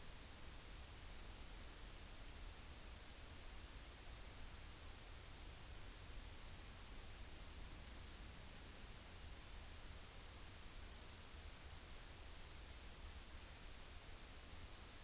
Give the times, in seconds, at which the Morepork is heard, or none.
none